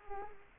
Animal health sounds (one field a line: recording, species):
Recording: mosquito wingbeat signal from an infrared sensor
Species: Culex quinquefasciatus